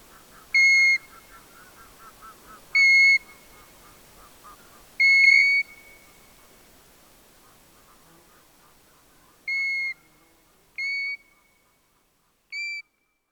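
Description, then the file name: European golden plover giving six mournful single whistles, the last three after a longer gap. "ljungpipare Pluvialis apricaria"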